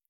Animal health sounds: hydrophone in a shrimp aquaculture tank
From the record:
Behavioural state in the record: feeding

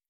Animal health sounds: hydrophone in a shrimp aquaculture tank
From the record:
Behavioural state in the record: stressed

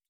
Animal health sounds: hydrophone in a shrimp aquaculture tank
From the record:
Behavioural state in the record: feeding

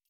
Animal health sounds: hydrophone in a shrimp aquaculture tank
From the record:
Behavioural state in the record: normal

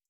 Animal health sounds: hydrophone in a shrimp aquaculture tank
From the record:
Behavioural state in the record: starved

